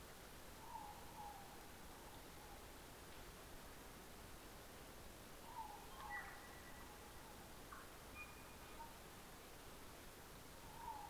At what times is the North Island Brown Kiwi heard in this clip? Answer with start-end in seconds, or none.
none